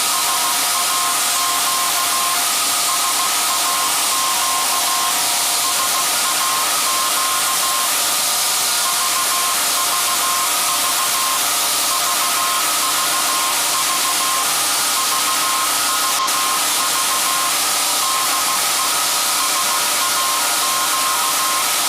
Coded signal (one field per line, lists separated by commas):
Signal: Morse code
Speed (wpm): 16 wpm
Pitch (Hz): 1060 Hz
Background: none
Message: SAQ SAQ SAQ VVV VVV VVV DE SAQ